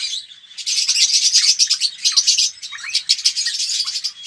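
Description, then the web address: Red-rumped parrot song: after a quiet start, a dense, rapid stream of high twittering and sharp chirps. "pevcii popugai. parrots psephotus-haematonotus"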